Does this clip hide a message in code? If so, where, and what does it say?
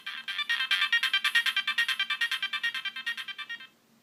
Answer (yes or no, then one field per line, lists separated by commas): no